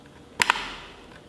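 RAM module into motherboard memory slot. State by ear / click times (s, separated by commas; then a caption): seated / 0.4 s, 0.5 s. A RAM module is pressed into a motherboard memory slot. Two sharp clicks sound at 0.4 s and 0.5 s as the retaining clips close, and the memory is seated.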